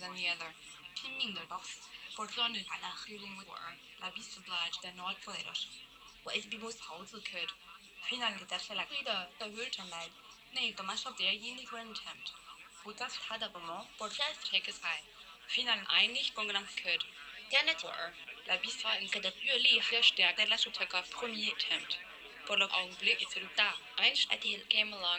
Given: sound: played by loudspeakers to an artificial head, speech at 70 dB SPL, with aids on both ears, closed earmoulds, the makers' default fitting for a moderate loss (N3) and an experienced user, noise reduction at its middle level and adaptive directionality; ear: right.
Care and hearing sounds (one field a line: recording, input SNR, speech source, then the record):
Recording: speech test signal (ISTS) in cocktail-party noise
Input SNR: +6 dB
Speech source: on the right (90 degrees)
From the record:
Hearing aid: class 1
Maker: I